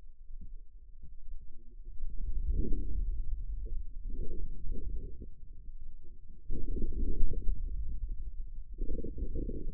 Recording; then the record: forearm muscle sounds (acoustic myography)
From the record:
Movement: inward rotation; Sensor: system 2, bracelet of six BSWA MPA416 microphones around the upper forearm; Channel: 2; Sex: male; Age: 22 years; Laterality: right